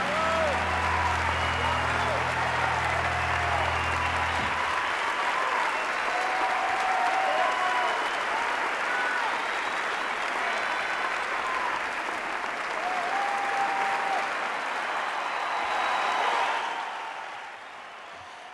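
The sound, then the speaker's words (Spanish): A song's last low notes fade out as an audience bursts into steady, loud applause, with scattered cheers and whistles, holding for several seconds before tapering off. “Bueno, han sonado los aplausos, sonaron las campanas, sonó el tiempo nuevo.”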